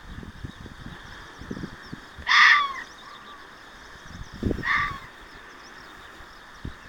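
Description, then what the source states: Fox barking twice, a loud harsh bark followed about two seconds later by a softer one, with faint low rustling noise. Recorded 6 June 2024.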